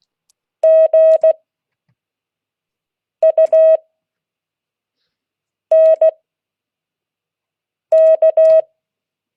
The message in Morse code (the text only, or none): GUNK